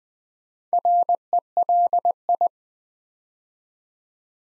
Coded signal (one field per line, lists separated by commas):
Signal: Morse code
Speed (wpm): 20 wpm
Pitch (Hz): 700 Hz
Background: none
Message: RELI